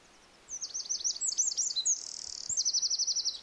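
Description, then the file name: Eurasian wren singing a loud, high, rapid song of sharp trills and chattering notes and a fast, even rattle. "Troglodytes troglodytes"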